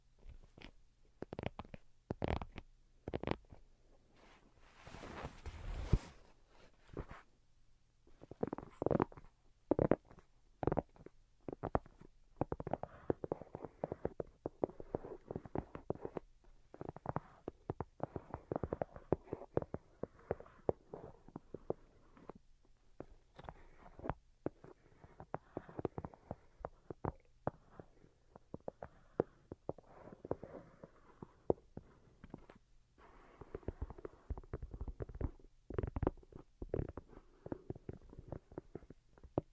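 Delicate tapping, made of quick light taps that come in irregular bursts, some sparse and some in dense rapid runs. A few louder, fuller knocks stand out, notably around five seconds and near thirty-four seconds, over a soft low hum.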